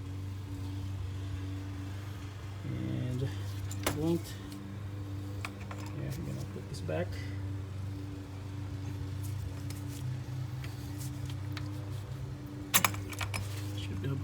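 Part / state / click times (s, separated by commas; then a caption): plastic wiring connector onto its socket on the engine's valvetronic/eccentric shaft sensor wiring / not seated / none. On a 2006 BMW 325xi E90 with the N52 engine, during valve cover and eccentric shaft sensor replacement, a plastic wiring connector is pushed back onto its socket on the valvetronic motor and eccentric shaft sensor wiring while someone talks over a steady low hum with a few faint taps. A double click was expected, but nothing has clicked yet, so the connector has not locked.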